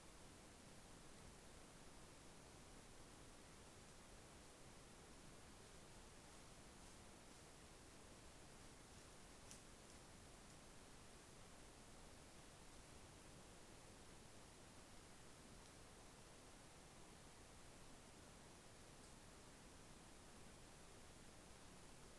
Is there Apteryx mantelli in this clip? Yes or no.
no